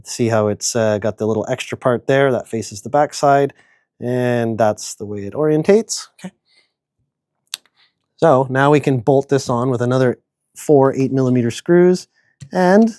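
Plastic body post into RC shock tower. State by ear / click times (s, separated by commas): seated / 7.5 s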